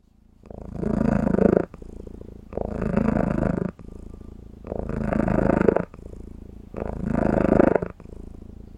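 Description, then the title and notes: Domestic cat purring, a steady rumbling purr that swells louder and softens in turn, with four louder phases about two seconds apart. Female pet cat purring on the owner's lap after a big fresh bowl of cat food; described as cold, staring at the owner, and content, a happy growl. "Cold cat purrrin on my lap She staring my down After a big fresh bowl of cat cookies Oh she growl of happyness My pet my cat Purrs On my lap"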